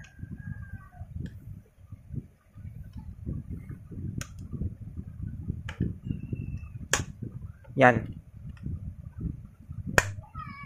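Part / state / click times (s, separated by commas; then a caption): battery or battery cover into analog multitester housing / seated / 10.0 s. A battery part, the battery or battery cover, is fitted into the housing of a Saionw YX-360 analog multitester while someone talks over low background noise, with several lighter clicks and taps along the way. A sharp, loud click at 10.0 s marks the part locking into place, and it is seated.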